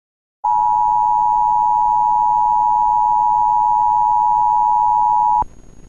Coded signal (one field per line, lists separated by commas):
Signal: Emergency Alert System (SAME) tones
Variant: 853 and 960 Hz attention tone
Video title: the emergency alert system morning doe 445